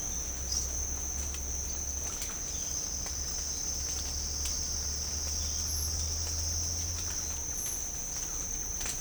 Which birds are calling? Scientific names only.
none